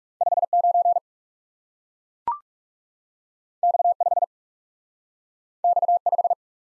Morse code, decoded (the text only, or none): 5 9 X 5 X 5